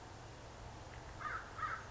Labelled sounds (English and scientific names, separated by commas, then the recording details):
American Crow (Corvus brachyrhynchos)
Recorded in Sonoma County, California